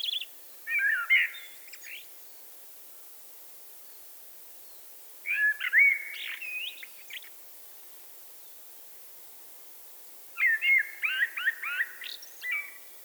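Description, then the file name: Eurasian blackbird repeating rich warbled song phrases roughly every five seconds, each with mellow whistles and a thin high twittered ending. "Turdus merula"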